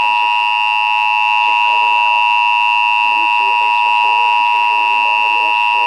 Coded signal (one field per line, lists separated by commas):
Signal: Emergency Alert System (SAME) tones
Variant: 853 and 960 Hz attention tone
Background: speech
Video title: More Slight Risk Alerts from Sandhills EAS Alerts from 8/21/2026 (EAS #1358-1386)